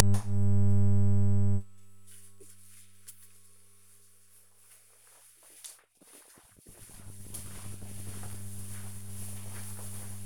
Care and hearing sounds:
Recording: household activities, microphone on the right wrist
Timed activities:
none

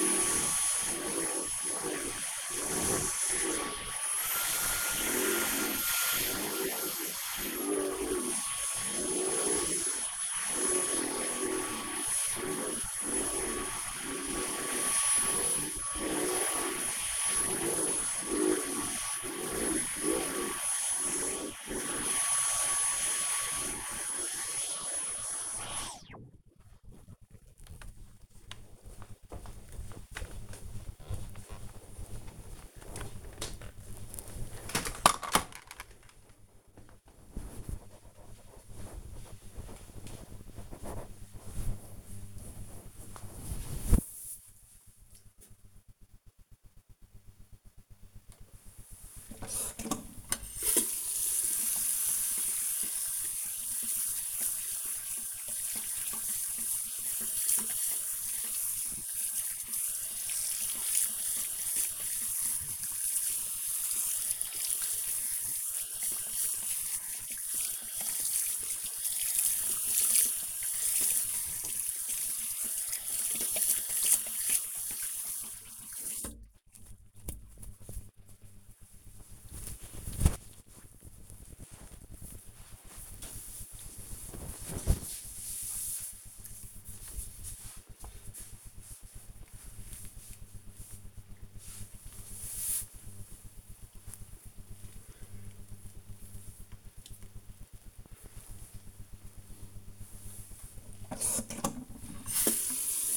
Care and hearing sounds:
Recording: household activities, microphone on the right wrist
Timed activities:
0.00-26.11 s: vacuum cleaning
48.26-77.46 s: washing hands
100.63-103.17 s: washing hands

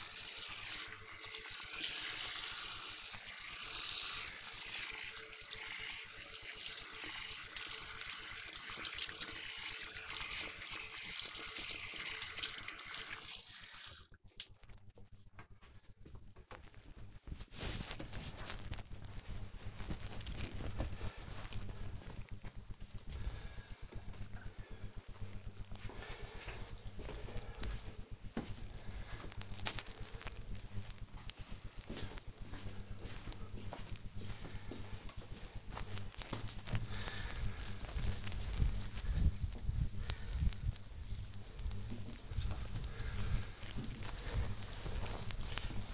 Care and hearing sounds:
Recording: household activities, microphone on the right wrist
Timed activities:
0.00-14.71 s: washing hands
34.84-45.94 s: cleaning table

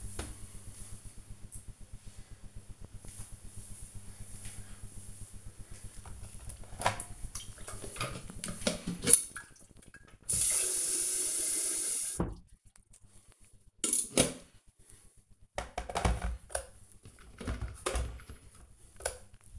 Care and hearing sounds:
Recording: household activities, microphone on the right wrist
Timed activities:
5.58-19.59 s: making tea

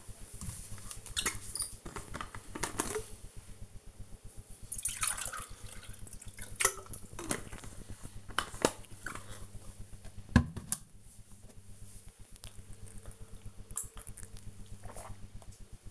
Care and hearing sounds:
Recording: household activities, microphone on the right wrist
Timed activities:
0.00-15.91 s: drinking

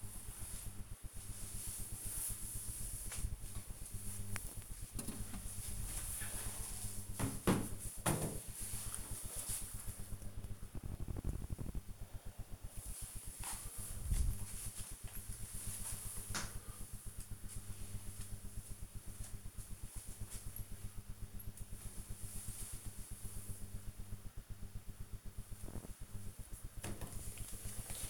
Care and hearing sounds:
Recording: household activities, microphone on the right wrist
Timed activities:
0.00-2.56 s: cleaning table
26.76-28.10 s: cream hands

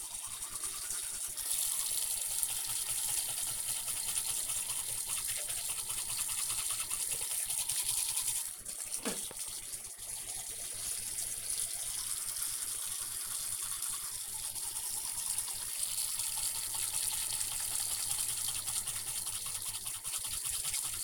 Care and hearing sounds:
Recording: household activities, microphone on the right wrist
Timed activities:
0.00-21.04 s: brushing teeth

